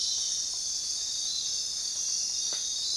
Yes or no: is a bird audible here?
no